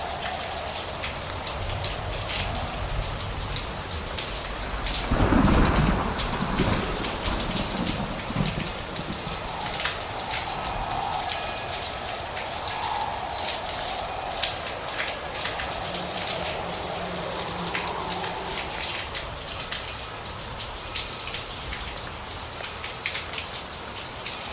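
A summer afternoon storm with steady, dense rain pattering on surfaces. Around the five-second mark a deep rumble of thunder swells and rolls for a few seconds before fading. Afterward the downpour continues evenly, with scattered sharper drops throughout.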